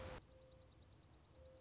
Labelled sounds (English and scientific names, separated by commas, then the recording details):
Mourning Dove (Zenaida macroura)
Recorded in Sonoma County, California